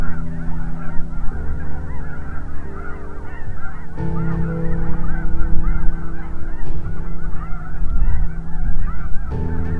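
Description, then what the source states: Goose: many geese honking together, a constant clamor of brief yelping notes, accompanied by low rumbling and sustained humming tones that shift in pitch. Large flock of white birds on the lake at Goose Lake, Saskatchewan, Canada, first mistaken for reflections; snow goose and Canada goose among animals encountered.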